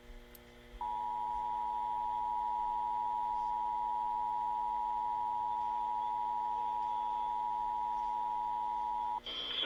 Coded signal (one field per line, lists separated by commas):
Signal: Emergency Alert System (SAME) tones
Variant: 853 and 960 Hz attention tone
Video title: EAS Tsunami Warning Kodiak, Alaska NOAA Weather Radio AM/FM